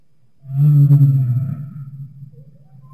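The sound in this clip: Humpback whale song: a single loud, deep moan that swells and then trails off into softer low rumbling.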